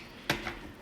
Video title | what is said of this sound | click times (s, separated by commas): How to incubate duck eggs. Start to finish using kebonnixs incubator.Candling duck eggs and hatching | so it has a spot here on the side where it locks into place | 0.3 s, 0.5 s